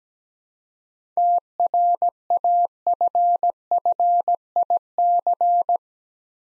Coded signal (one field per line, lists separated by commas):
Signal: Morse code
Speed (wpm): 17 wpm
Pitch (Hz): 700 Hz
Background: none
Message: TRAFFIC